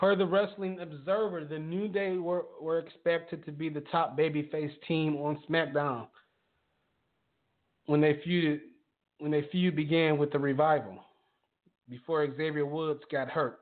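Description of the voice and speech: A man who has always stuttered reads news aloud with a drawn-out, repeated 'were', a long stall mid-sentence and a repeated phrase: lifelong stuttering.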